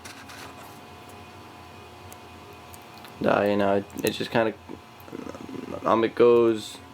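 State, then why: Not seated. Someone handles the band of a G-Shock MTG-900 watch, working its clasp toward the keeper while talking over faint handling noise. The clip ends before the clasp goes home, so nothing has seated or clicked yet.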